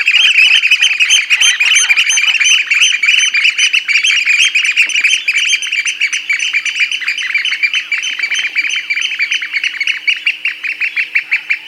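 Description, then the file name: Eurasian oystercatcher piping, a dense stream of loud, shrill, high notes repeated rapidly and continuously throughout. "scholekster"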